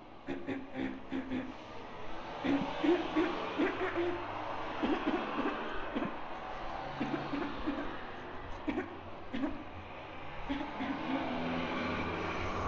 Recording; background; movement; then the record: throat clearing; traffic; walking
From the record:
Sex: female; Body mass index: 36.4 kg/m2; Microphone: on the chest, facing outward